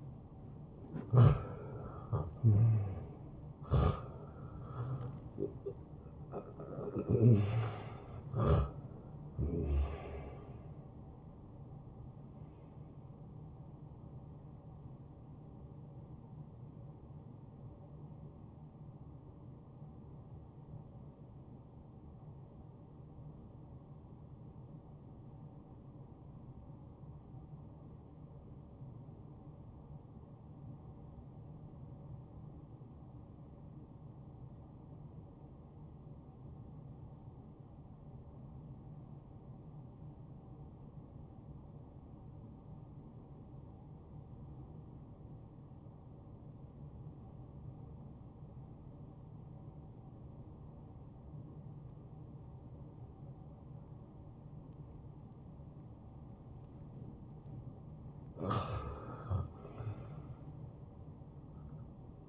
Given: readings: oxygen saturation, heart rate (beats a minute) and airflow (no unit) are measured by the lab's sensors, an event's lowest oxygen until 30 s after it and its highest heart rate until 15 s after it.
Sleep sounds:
breathing in sleep by a smartphone at the bedside; 1
3.00-33.00 s: new sleep stage, N1 (lightest sleep)
20.00-54.80 s: obstructive apnea (N1, oxygen 94% highest, then 83% lowest, heart rate 59 at the start, 69 highest)
33.00-62.29 s: new sleep stage, N2 (light sleep)
From the record:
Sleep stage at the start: N2 (light sleep); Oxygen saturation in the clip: 83 to 94%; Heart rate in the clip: 52 to 75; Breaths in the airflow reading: 6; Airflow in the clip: -16.0 to 8.7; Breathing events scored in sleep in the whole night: 263 in 5.5 hours asleep

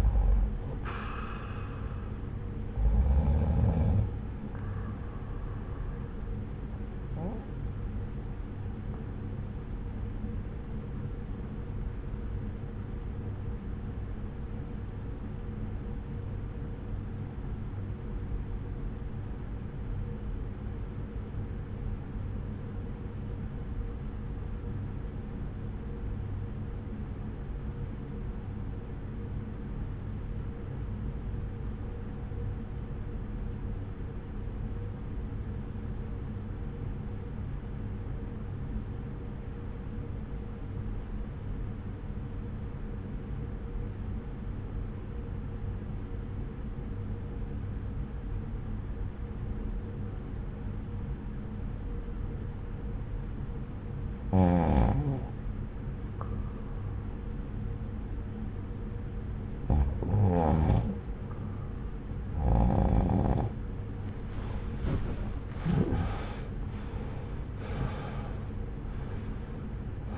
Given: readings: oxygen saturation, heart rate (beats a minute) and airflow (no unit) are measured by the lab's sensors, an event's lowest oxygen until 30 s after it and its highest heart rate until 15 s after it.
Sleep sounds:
breathing in sleep by a smartphone at the bedside; 1
13.00-64.80 s: obstructive apnea (REM, oxygen 96% highest, then 80% lowest)
56.00-70.18 s: new sleep stage, N1 (lightest sleep)
From the record:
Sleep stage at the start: REM sleep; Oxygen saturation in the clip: 82 to 96%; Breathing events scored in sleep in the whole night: 303 in 8.1 hours asleep

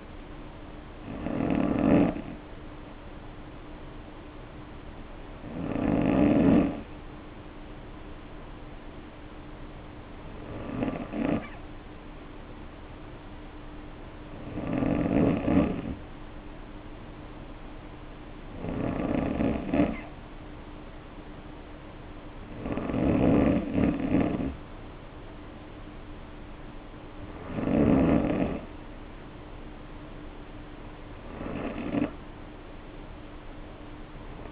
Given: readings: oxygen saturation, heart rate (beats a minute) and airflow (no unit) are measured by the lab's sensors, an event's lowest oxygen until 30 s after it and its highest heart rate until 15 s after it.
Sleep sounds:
breathing in sleep by a voice recorder at the bedside; 1
3.00-22.80 s: hypopnea (N2, oxygen 96% highest, then 91% lowest, heart rate 55 at the start, 59 highest)
From the record:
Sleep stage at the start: N2 (light sleep); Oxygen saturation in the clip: 92 to 96%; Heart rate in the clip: 51 to 59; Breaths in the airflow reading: 8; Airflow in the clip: -2.5 to 1.9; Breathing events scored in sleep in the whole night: 520 in 7.2 hours asleep

